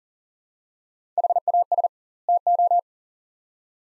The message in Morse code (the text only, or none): HAS TO